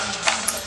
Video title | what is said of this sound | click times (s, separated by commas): AGM MP40 & PPSH 41 | and clicks into place | 0.3 s, 0.5 s